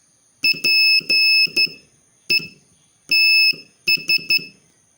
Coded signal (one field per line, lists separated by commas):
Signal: Morse code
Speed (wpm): 13 wpm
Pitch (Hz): 2600 Hz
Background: none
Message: PETS